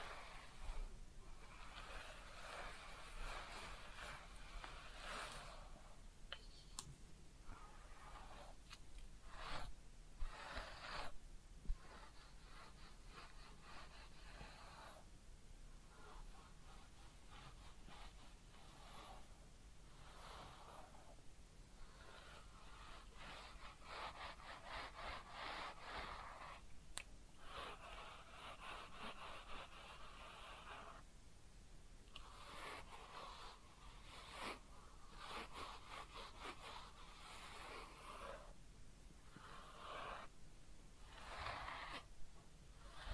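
A head massage and ear cleaning with dense scratchy rubbing and brushing in the upper-mid range, broken by frequent short pauses and quick scrapes throughout.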